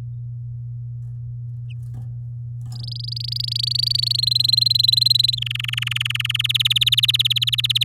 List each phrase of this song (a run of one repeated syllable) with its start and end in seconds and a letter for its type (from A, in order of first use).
2.72-4.17 A, 4.18-5.35 B, 5.37-6.42 C, 6.44-7.84 D